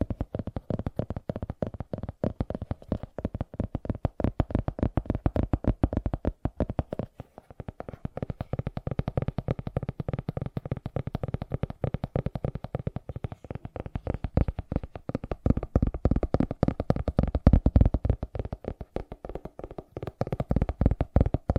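Fast tapping runs for the whole clip, a dense rapid stream of short sharp hits with a low, thumping body. The pace stays quick and fairly even, with a brief break just after seven seconds and hits growing slightly stronger toward the end.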